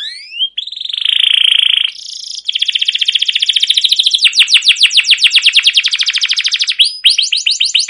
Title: CUIT CUIT NGEROL LANGSUNG GACOR PANJANG Kenari Ini AMPUH Utk Pancingan KENAR